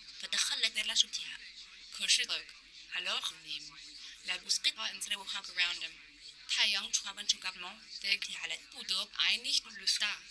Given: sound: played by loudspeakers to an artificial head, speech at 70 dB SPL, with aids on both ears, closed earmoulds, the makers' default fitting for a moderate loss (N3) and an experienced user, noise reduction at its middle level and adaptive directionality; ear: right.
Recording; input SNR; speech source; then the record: speech test signal (ISTS) in cocktail-party noise; +9 dB; on the right (90 degrees)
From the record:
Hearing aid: class 2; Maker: H